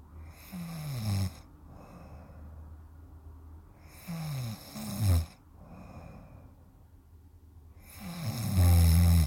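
An adult sleeper snoring: three low, rumbling snores at regular intervals about four seconds apart, with quieter breathing between them.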